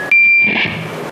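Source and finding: Device playing simulated tinnitus tone. Tinnitus simulation (high-pitched squeal).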